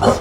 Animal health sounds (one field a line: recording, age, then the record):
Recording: pig call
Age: growing-finishing pig (85 days or more)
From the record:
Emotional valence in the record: positive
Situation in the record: run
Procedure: transit